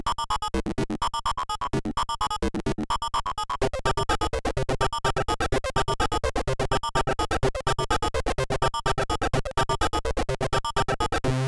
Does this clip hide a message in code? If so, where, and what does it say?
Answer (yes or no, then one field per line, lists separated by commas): no